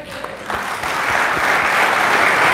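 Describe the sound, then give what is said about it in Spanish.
An audience applauds a speaker, the clapping starting sparse and quickly swelling into a dense, steady wash of many hands that keeps building in loudness. “Un fuerte aplauso, pues, que se oiga un aplauso para el hermano.”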